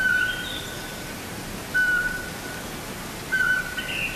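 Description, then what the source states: Eurasian Pygmy Owl giving three even, monotone whistled toots, roughly every one and a half seconds, over faint background hiss and a few soft bird notes. Songbirds give no mobbing or alarm calls at this individual because it specializes in hunting rodents and poses no threat to them.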